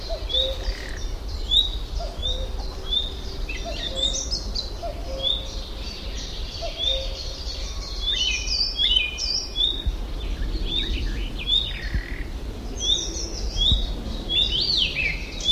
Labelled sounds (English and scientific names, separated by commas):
Common Nightingale (Luscinia megarhynchos) alarm call